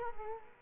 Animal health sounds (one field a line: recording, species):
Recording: mosquito wingbeat signal from an infrared sensor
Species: Culex quinquefasciatus